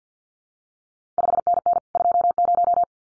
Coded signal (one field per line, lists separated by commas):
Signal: Morse code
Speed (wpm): 50 wpm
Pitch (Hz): 700 Hz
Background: none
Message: 5NN 20